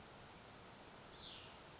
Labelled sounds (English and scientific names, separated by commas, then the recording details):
Cassin's Vireo (Vireo cassinii)
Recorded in Sonoma County, California